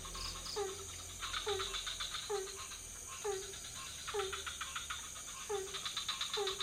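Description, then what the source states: Frogs croaking: a short bent note repeated regularly, mixed with stuttering pulsed trills from other frogs and a steady high whine. Several frog species in a pond near a hotel, night, Ubud, Bali, Indonesia; recorded with Sony PCM D50, Rode NT4, Rode boompole.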